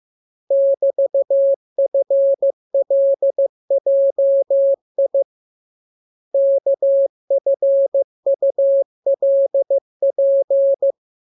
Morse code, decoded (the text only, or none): <BT>FLJI KFULP